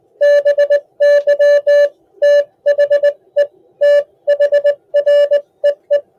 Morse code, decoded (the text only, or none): BY THE THREE